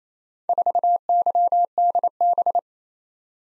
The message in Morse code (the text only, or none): 4YDB